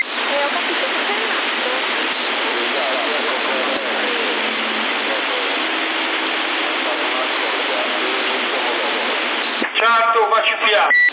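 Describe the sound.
A toilet is flushed by pulling its lever, with a loud, steady roar of rushing water that lasts several seconds before a voice briefly starts talking at the end.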